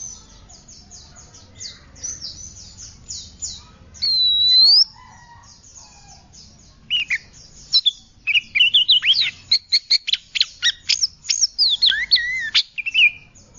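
Oriental magpie-robin song: one loud drawn-out whistle, then a long lively stream of varied chirps, trills and sliding notes, with a hissy high background.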